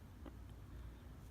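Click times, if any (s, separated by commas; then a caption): 0.3 s. A plastic backing washer is pushed down the grooved shank of a crochet safety eye with the fingernails, through a crochet piece, until it ratchets into place. A single quiet click at 0.3 s stands out over low background rumble. The washer is seated and the eye is held very securely.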